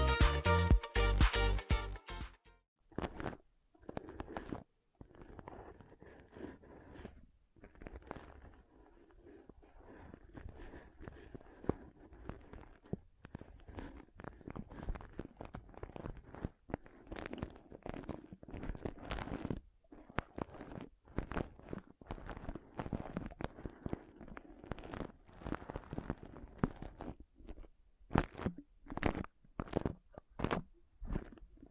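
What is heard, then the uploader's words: Scrunching and rustling of pom poms, with soft crunchy, fluffy crackles. A loud, dense burst opens the first two seconds, then the handling continues in irregular clusters of quick scratchy strokes separated by brief silences. ASMR Ultimate Pom Pom Tingles (No Talking).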